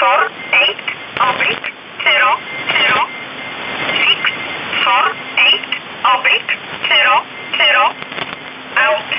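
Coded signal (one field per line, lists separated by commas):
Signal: numbers station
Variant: E11 Oblique, English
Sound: female-like voice reading digits "zero zero six four eight" repeatedly over shortwave hiss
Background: radio static, faint carrier tone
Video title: 30 05 2019 E11 Oblique Numbers station in English 1900 on 7600 unknown tx site in USB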